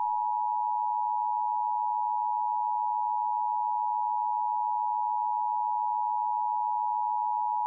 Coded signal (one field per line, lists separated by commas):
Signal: Emergency Alert System (SAME) tones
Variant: 853 and 960 Hz attention tone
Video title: TV EAS #7 (EAS #13): Severe Thunderstorm Warning, 6/17/15